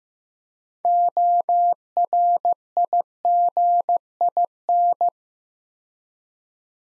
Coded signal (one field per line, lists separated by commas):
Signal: Morse code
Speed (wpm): 15 wpm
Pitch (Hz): 700 Hz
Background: none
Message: ORIGIN